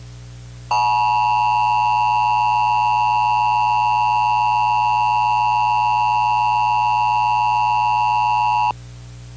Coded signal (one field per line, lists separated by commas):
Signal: Emergency Alert System (SAME) tones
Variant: 853 and 960 Hz attention tone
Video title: EAS: 2020 Loyalton California Fire Induced Tornado Warning Recreation (But its CRS)